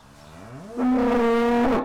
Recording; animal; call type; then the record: contact call of a hoofed animal; cattle; low-frequency (closed-mouth) or high-frequency (open-mouth) call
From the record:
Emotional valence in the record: negative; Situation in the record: physical separation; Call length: 1.84 s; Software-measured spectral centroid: 1580 Hz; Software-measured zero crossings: 1540 a second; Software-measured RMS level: -22 dBFS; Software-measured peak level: -17 dBFS